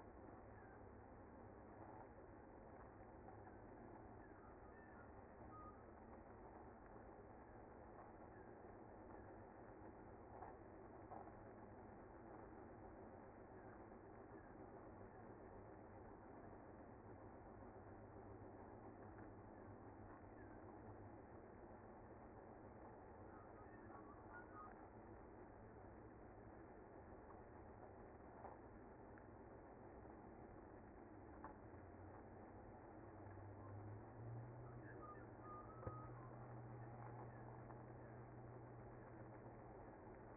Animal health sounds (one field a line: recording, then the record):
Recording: honeybee colony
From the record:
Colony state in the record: active